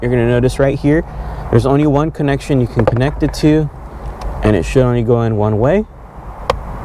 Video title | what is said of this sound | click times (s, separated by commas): Amazon Best Seller AZDOME 2.5K Mirror Dash Cam 11" Touch Screen 2ch Review & Install + Video samples | make sure it clicks in all right and like I said we'll route the wires right now so it's going to look a little messy | 6.5 s